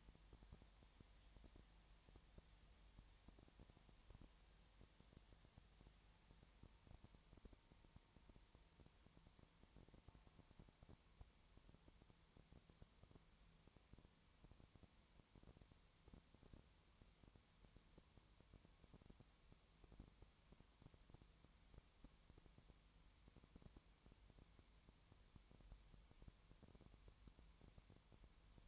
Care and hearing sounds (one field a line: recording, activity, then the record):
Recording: daily activity, microphone in the room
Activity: no activity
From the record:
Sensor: 3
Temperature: 20.5 degrees Celsius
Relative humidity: 32.9%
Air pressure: 1003.2 hPa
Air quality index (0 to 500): 105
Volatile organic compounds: 2 ppm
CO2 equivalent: 1070 ppm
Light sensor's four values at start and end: 2/3/2/2 and 2/3/2/2